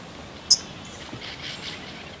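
Common Yellowthroat call: one sharp, high chip near the start, followed by faint hiss and quiet background.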